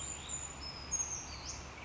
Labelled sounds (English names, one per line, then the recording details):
Brown Creeper
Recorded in Sonoma County, California